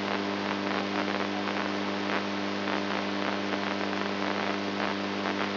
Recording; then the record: brain microelectrode recording played as sound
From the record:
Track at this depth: inside the subthalamic nucleus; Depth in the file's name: 3.121 mm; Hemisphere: right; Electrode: 2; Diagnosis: Parkinson's disease